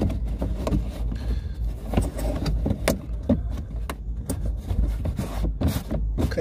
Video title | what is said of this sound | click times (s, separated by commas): How to install BMW headlight bulbs *D1S 8K Upgrade* | then you put the back in, outer back in. Click those in place, and it's as simple as that, guys. | 2.9 s, 3.9 s, 4.3 s